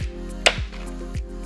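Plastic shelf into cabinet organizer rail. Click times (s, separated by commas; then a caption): 0.5 s. A plastic shelf is pressed onto the next rail up in a cabinet organizer until it snaps in, with a sharp snap at 0.5 s over a steady background of music. The shelf is seated on the upper rail.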